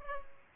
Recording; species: mosquito wingbeat signal from an infrared sensor; Culex pipiens